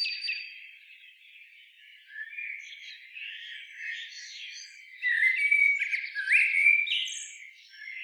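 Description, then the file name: Common blackbird with soft, scratchy twittering at first, becoming louder and sharper in the last few seconds with squeaky slurred notes. "Turdus merula"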